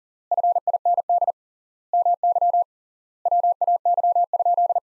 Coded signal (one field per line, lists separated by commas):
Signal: Morse code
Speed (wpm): 40 wpm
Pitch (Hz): 700 Hz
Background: none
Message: FIND MY WAY?